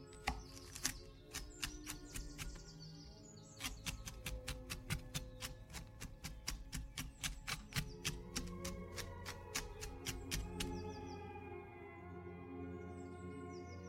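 Kitchen sounds with old-time music playing underneath, its low tones steady throughout. From about 3.5 to 10.5 seconds come quick, regular sharp clicks or taps, like chopping on a board, then they stop and the music carries on alone.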